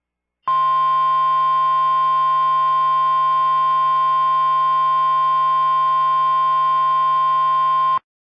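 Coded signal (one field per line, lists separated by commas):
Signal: Emergency Alert System (SAME) tones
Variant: 1050 Hz attention tone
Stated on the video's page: Fictional alert scenario, simulated with a siren pack.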